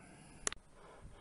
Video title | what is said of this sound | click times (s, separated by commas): Intermittent No Crank No Start With 02 Chevy Trailblazer LT 4 2L 4X4 | just so you can see I mean that's just how easy it is it just pops right in there | 0.5 s